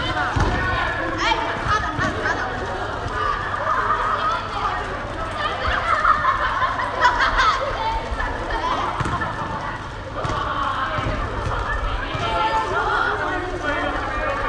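A basketball hall full of young people's voices, a steady dense chatter with shouts and occasional laughter blending into an echoing wash. Sharp thumps from bouncing balls and running feet cut through every second or so, with a low hum underneath throughout.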